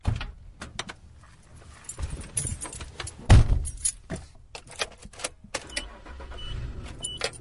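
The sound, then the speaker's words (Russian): A woman gets into a car on a street on a drizzly summer night: keys jingle and rattle in a string of sharp clicks, clothing rustles, and a heavy thump lands midway, with no one speaking. “сказала Алена сама себе и села в автомобиль”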